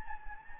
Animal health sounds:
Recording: mosquito wingbeat signal from an infrared sensor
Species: Anopheles gambiae

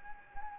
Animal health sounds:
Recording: mosquito wingbeat signal from an infrared sensor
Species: Anopheles gambiae

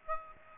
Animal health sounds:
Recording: mosquito wingbeat signal from an infrared sensor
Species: Aedes aegypti

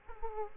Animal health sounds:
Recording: mosquito wingbeat signal from an infrared sensor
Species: Aedes aegypti

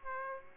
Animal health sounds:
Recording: mosquito wingbeat signal from an infrared sensor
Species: Aedes aegypti

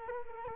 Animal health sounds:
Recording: mosquito wingbeat signal from an infrared sensor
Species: Culex quinquefasciatus

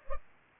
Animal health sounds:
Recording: mosquito wingbeat signal from an infrared sensor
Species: Culex pipiens

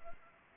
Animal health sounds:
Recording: mosquito wingbeat signal from an infrared sensor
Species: Anopheles arabiensis

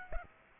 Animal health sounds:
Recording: mosquito wingbeat signal from an infrared sensor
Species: Aedes aegypti

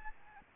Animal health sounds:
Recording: mosquito wingbeat signal from an infrared sensor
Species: Aedes albopictus

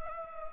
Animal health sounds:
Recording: mosquito wingbeat signal from an infrared sensor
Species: Anopheles gambiae

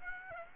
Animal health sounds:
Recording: mosquito wingbeat signal from an infrared sensor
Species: Aedes aegypti

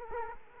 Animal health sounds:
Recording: mosquito wingbeat signal from an infrared sensor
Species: Culex quinquefasciatus

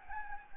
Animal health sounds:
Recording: mosquito wingbeat signal from an infrared sensor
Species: Anopheles gambiae

